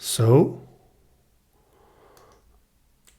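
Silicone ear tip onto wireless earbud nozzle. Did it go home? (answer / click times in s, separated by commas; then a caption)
yes / 2.2 s, 3.1 s. Someone talks briefly as a right replacement silicone ear tip is lined up oval to oval and pressed onto the nozzle of an Apple AirPods Pro wireless earbud. A faint rustle follows, then small clicks at 2.2 s and 3.1 s as the tip clips on and is seated.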